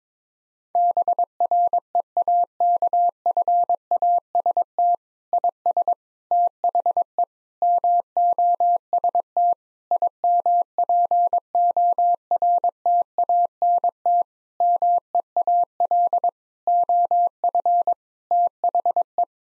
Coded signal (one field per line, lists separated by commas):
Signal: Morse code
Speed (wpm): 22 wpm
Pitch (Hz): 700 Hz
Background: none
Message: BREAKFAST IS THE MOST IMPORTANT MEAL OF THE